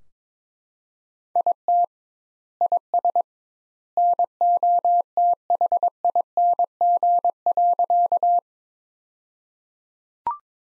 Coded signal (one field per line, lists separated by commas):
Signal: Morse code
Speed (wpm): 22 wpm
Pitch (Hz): 700 Hz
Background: none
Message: IT IS NOTHING.